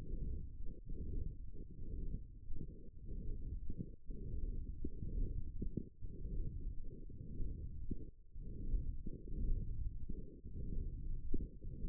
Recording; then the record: forearm muscle sounds (acoustic myography)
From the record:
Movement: hand closing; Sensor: system 1, eight BSWA MPA416 microphones around the upper forearm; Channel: 7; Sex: female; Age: 22 years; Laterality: right